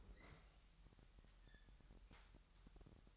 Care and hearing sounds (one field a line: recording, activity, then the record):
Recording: daily activity, microphone in the room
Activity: open fridge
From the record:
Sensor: 3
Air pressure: 1001.9 hPa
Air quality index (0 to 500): 247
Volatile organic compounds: 51 ppm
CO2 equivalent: 3309 ppm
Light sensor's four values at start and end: 12/36/16/13 and 12/36/16/13